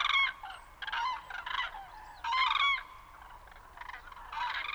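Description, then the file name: Common crane trumpeting calls, loud rolling harmonic bursts given in short bouts with brief pauses, a few quieter calls in between. "Grue-cendrée-Grus-grus"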